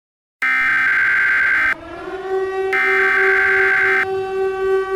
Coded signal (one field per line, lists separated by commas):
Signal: Emergency Alert System (SAME) tones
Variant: header bursts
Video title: (1.3K Subscribers Special) EAS Scenario #6: The Fastbots